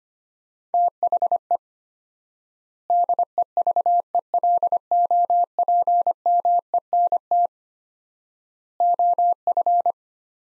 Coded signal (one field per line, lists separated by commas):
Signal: Morse code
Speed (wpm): 25 wpm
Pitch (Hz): 700 Hz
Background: none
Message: THE DEVELOPMENT OF